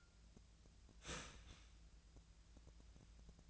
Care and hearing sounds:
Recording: daily activity, microphone in the room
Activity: start toaster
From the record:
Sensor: 2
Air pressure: 1009.2 hPa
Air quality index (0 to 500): 187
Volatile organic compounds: 11 ppm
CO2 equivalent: 2316 ppm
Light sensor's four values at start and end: 23/57/24/27 and 23/57/24/27

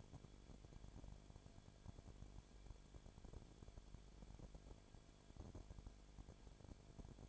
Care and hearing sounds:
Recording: daily activity, microphone in the room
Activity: no activity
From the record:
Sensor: 5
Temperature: 19.8 degrees Celsius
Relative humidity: 33.3%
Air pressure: 1001.4 hPa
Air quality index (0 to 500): 31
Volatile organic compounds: 1 ppm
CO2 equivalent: 523 ppm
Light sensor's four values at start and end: 2/3/1/1 and 2/3/1/1

